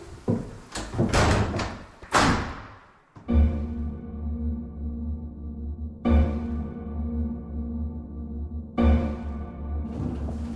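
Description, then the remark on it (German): A door is shut and locked, with a rapid run of sharp knocks and latch clicks in the first few seconds, then a steady low droning hum that swells a few times. “Verriegeln Sie hinter mir die Tür und öffnen Sie sie danach für niemanden mehr.”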